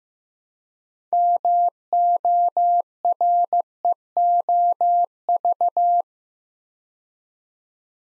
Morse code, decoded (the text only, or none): MOREOV